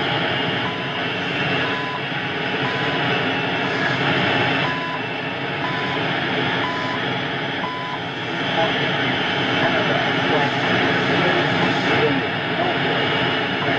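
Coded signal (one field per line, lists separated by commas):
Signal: radio time signal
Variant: CHU Canada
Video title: CHU Canada 14670kc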